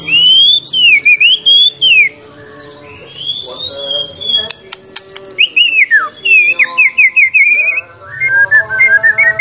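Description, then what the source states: White-rumped shama song: clear melodious whistles, some wavering and some in quick repeated rising notes, broken by a few sharp clicks. Champion bird (juara); master recording (masteran) used for training other birds.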